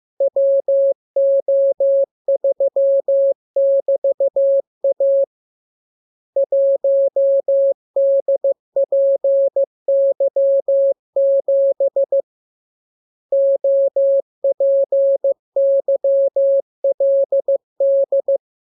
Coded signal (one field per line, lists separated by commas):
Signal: Morse code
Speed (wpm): 15 wpm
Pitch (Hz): 550 Hz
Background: none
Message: WO3<BT>A 1DPY7 OPYLD